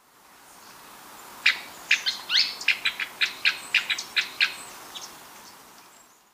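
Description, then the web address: Rufous-crowned Tody-Flycatcher calling in a rapid string of crisp, ticking high notes. Recorded in Ecuador. "Birds of Ecuador. Rufous-crowned Tody-Flycatcher"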